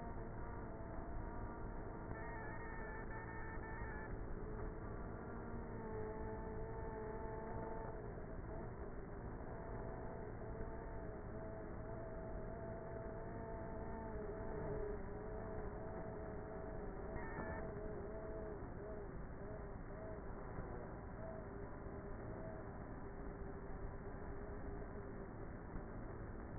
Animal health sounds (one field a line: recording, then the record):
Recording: honeybee colony, microphone inside the hive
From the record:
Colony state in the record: queenless with a low population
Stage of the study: before two queens were removed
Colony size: about 30,000 bees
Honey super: no